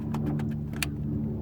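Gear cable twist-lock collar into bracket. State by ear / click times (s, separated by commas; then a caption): seated / 0.8 s. The plastic twist-lock collar of a gear cable on a Ford Fiesta Mk6 is turned into its bracket over a steady low hum, with a few faint ticks as it rotates. A sharp click at 0.8 s marks the collar locking into place, seating the cable in the bracket.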